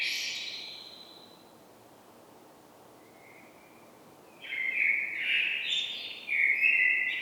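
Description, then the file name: Common blackbird song: the end of a high twitter, a long quiet pause with one soft note, then a new mellow phrase with squeaky high notes. "Turdus merula"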